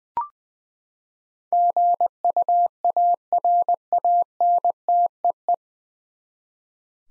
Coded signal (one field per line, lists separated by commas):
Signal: Morse code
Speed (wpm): 20 wpm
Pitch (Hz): 700 Hz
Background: none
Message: GUARANTEE